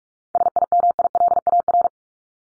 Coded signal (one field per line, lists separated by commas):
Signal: Morse code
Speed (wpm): 44 wpm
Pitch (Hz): 700 Hz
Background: none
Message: SIMILAR